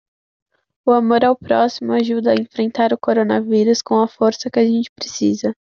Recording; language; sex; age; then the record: spoken sentence; Brazilian Portuguese; female; 18 to 19 years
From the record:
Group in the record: control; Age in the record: 19 years